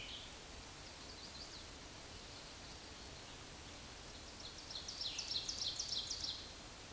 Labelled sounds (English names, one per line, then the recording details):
Ovenbird song
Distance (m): 65 m
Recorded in a Pennsylvania forest on 17 May 2023 at 14:02
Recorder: AudioMoth, point grid1_7_low
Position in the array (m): 209 m, 26 m